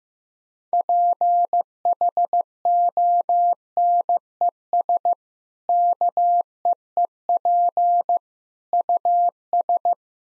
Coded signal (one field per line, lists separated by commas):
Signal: Morse code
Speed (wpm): 15 wpm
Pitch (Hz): 700 Hz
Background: none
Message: PHONES KEEP US